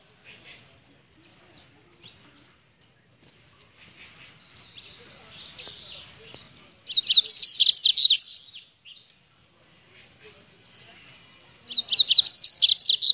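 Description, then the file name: Seedeater song: soft high chips build into loud, rapid phrases of slurred whistled notes; the loud phrase comes twice. "canto do papa capim"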